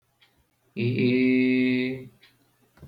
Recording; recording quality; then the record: sustained vowel as in made; excellent, no background noise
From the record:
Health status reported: exposed to COVID-19, no respiratory illness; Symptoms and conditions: sore throat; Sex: male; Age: 18 years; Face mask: not worn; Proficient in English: yes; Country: India